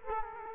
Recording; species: mosquito wingbeat signal from an infrared sensor; Culex quinquefasciatus